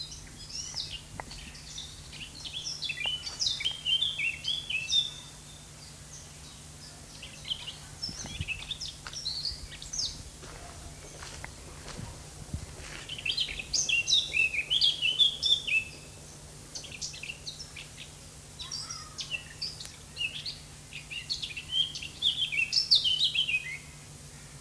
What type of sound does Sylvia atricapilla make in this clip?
song